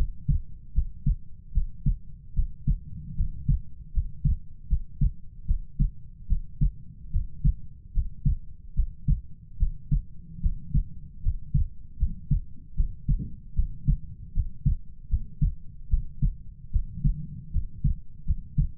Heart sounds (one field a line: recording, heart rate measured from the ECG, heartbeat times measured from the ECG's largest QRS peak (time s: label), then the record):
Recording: heart sounds by stethoscope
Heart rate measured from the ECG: 75 bpm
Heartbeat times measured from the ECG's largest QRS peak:
0.73 s: heartbeat
1.52 s: heartbeat
2.34 s: heartbeat
3.15 s: heartbeat
3.92 s: heartbeat
4.67 s: heartbeat
5.45 s: heartbeat
6.27 s: heartbeat
7.10 s: heartbeat
7.92 s: heartbeat
8.74 s: heartbeat
9.57 s: heartbeat
10.40 s: heartbeat
11.21 s: heartbeat
11.97 s: heartbeat
12.74 s: heartbeat
13.54 s: heartbeat
14.32 s: heartbeat
15.08 s: heartbeat
15.88 s: heartbeat
16.70 s: heartbeat
17.51 s: heartbeat
18.24 s: heartbeat
From the record:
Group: healthy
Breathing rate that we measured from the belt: 17 breaths a minute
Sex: female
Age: 19 years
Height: 163 cm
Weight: 48.9 kg